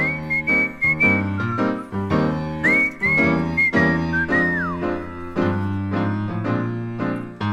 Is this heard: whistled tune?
yes